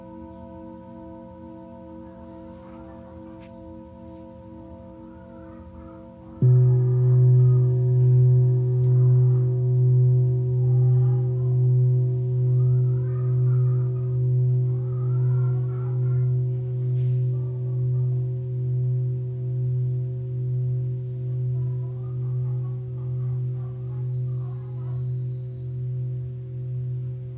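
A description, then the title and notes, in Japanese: Singing bowls ring for sound healing, starting with a soft, steady hum of layered tones. Around six seconds a louder, lower bowl is struck and sustains with a slow, pulsing wobble that gradually fades, while faint brighter overtones drift above. 春分 メキシコから シンギングボウルのサウンドヒーリング。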